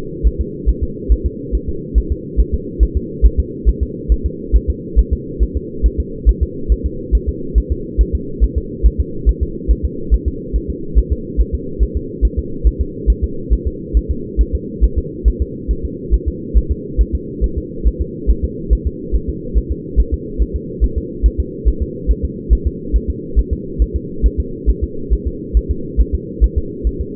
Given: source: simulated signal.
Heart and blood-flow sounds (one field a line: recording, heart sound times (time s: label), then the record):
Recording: fetal heart sounds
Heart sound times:
0.27 s: S1
0.41 s: S2
0.69 s: S1
0.83 s: S2
1.12 s: S1
1.26 s: S2
1.55 s: S1
1.69 s: S2
1.98 s: S1
2.12 s: S2
2.40 s: S1
2.54 s: S2
2.83 s: S1
2.97 s: S2
3.26 s: S1
3.40 s: S2
3.69 s: S1
3.83 s: S2
4.12 s: S1
4.26 s: S2
4.56 s: S1
4.70 s: S2
4.99 s: S1
5.13 s: S2
5.43 s: S1
5.57 s: S2
5.86 s: S1
6.00 s: S2
6.29 s: S1
6.43 s: S2
6.72 s: S1
6.86 s: S2
7.15 s: S1
7.29 s: S2
7.58 s: S1
7.72 s: S2
8.01 s: S1
8.15 s: S2
8.44 s: S1
8.58 s: S2
8.86 s: S1
9.00 s: S2
9.29 s: S1
9.43 s: S2
9.71 s: S1
9.85 s: S2
10.14 s: S1
10.28 s: S2
10.56 s: S1
10.70 s: S2
10.98 s: S1
11.12 s: S2
11.41 s: S1
11.55 s: S2
11.83 s: S1
11.97 s: S2
12.25 s: S1
12.39 s: S2
12.67 s: S1
12.81 s: S2
13.10 s: S1
13.24 s: S2
13.53 s: S1
13.67 s: S2
13.97 s: S1
14.11 s: S2
14.41 s: S1
14.55 s: S2
14.84 s: S1
14.98 s: S2
15.28 s: S1
15.42 s: S2
15.71 s: S1
15.85 s: S2
16.14 s: S1
16.28 s: S2
16.57 s: S1
16.71 s: S2
17.01 s: S1
17.15 s: S2
17.44 s: S1
17.58 s: S2
17.87 s: S1
18.01 s: S2
18.30 s: S1
18.44 s: S2
18.73 s: S1
18.87 s: S2
19.16 s: S1
19.30 s: S2
19.58 s: S1
19.72 s: S2
20.00 s: S1
20.14 s: S2
20.42 s: S1
20.56 s: S2
20.84 s: S1
20.98 s: S2
21.26 s: S1
21.40 s: S2
21.68 s: S1
21.82 s: S2
22.11 s: S1
22.25 s: S2
22.53 s: S1
22.67 s: S2
22.96 s: S1
23.10 s: S2
23.39 s: S1
23.53 s: S2
23.82 s: S1
23.96 s: S2
24.26 s: S1
24.40 s: S2
24.69 s: S1
24.83 s: S2
25.13 s: S1
25.27 s: S2
25.57 s: S1
25.71 s: S2
26.01 s: S1
26.15 s: S2
26.44 s: S1
26.58 s: S2
26.87 s: S1
27.01 s: S2
From the record:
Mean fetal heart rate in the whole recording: 140 bpm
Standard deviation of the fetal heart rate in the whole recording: 2 bpm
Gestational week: 34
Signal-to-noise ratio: -4.3 dB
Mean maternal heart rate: 72 bpm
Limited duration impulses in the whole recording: absent